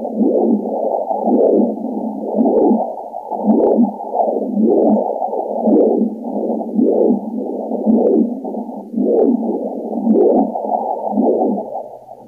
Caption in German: Ist aber eine simulierte Herzsonographie. So hört sich das an, wenn per Ultraschall dein Herz untersucht wird.